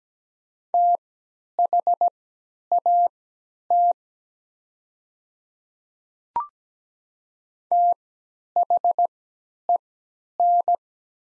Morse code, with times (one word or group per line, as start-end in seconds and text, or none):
0.7-3.9 THAT
7.7-10.8 THEN